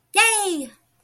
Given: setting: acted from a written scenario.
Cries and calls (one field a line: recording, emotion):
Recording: vocal sound without words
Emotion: pride